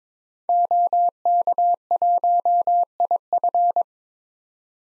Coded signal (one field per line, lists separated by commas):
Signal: Morse code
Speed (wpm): 22 wpm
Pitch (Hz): 700 Hz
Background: none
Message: OK1IF